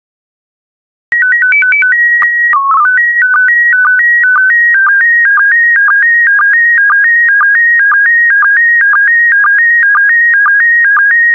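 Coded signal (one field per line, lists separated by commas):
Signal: SSTV (slow-scan television)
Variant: PD120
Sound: short tone header, then a rhythmic warbling tone with a click roughly every half second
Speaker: complete. You can now check your decoded image against the picture that is shown on the video.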